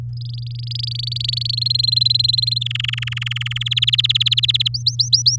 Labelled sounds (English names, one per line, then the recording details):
Domestic Canary song
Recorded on 8 May 2018 at 10:11
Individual llb16